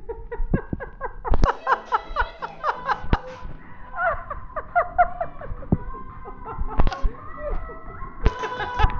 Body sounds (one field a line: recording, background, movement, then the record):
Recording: laughter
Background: music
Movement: walking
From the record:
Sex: female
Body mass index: 21.8 kg/m2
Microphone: on the chest, facing the body